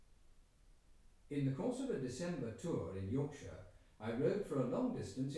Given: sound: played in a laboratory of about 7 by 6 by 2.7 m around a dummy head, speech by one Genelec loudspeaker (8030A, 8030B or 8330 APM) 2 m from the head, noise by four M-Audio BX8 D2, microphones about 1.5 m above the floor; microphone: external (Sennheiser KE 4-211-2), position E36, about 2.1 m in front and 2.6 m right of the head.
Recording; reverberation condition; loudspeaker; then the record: male speech in English; medium; 30 degrees to the right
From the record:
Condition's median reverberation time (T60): about 510 ms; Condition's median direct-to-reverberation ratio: about -0.5 dB